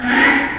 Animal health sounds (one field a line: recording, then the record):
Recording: squeal of a Yucatan mini pig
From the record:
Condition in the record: after surgery on the right vocal fold (resection and tissue-engineered implant)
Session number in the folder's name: 4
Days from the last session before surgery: 42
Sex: male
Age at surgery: 12 weeks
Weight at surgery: 13 kg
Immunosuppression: cyclosporine, prednisolone